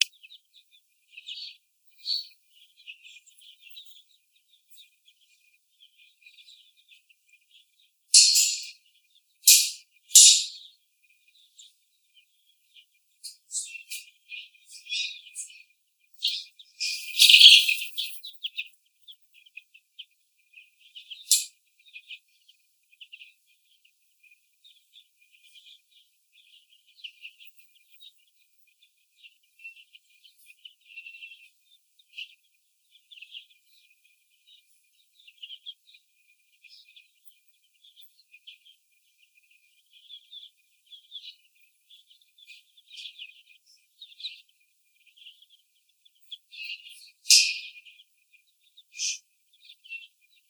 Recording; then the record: young laying hens in a cage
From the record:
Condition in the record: after the stressor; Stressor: sudden umbrella opening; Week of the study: 2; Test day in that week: 1